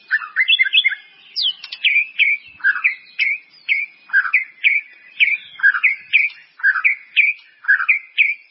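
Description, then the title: White-rumped Shama song, a short slurred whistled phrase repeated steadily after a varied opening. "murai batu"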